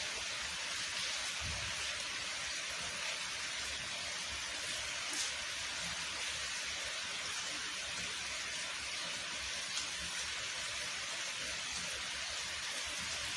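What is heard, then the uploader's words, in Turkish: Steady rain hisses evenly throughout, a dense bright wash with faint low rumbles and occasional soft taps near two and five seconds. Yağmur Sesi.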